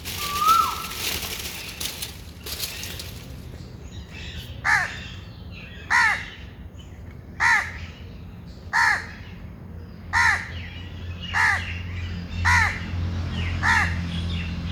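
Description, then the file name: Bird calls: short, harsh calls repeated about every 1.3 seconds, after an opening stretch of clicks and noise. "Birds Avi"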